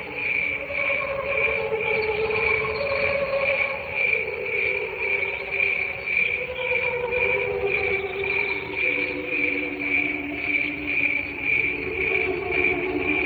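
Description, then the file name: High, crisp cricket chirps in a steady rhythm, close to two per second, with gently wavering lower tones drifting in the background. "canto grilli"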